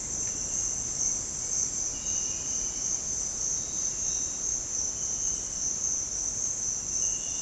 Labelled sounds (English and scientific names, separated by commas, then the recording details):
none
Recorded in dense forest near Puerto Asís, Putumayo, Colombia, on 18 February 2024 at 07:00
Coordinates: 0.486, -76.316
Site G6437